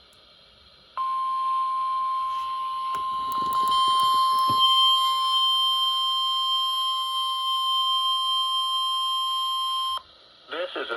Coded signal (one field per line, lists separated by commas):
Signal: Emergency Alert System (SAME) tones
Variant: 1050 Hz attention tone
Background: speech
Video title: EAS 366, Flood Warning but huge